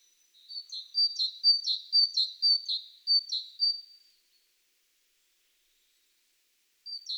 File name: Parus major